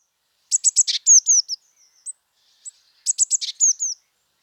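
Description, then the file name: Eurasian blue tit calling in two bursts, each a rapid run of sharp high notes followed by short downslurred whistles, with a few faint single notes between them. "Cyanistes caeruleus"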